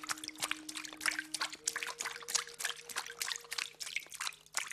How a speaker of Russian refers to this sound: Жена сталкера наливает из пакета молоко в миску, стоящую на темном полу. Подбежавшая собака начинает громко, жадно лакать.